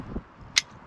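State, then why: Seated. A spring adjustment pin on a metal hammock stand frame is pulled to change the stand's position and then released. A soft low thud is heard near 0.2 s, followed by a sharp, bright click at 0.6 s as the pin clicks into place and seats.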